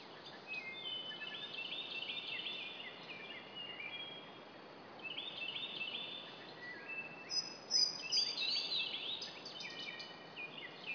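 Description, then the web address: Bird chirping chorus of high twitters and short trills in overlapping bursts, with a few sharper louder notes later on and steady hiss beneath. "hlworld birdchirps"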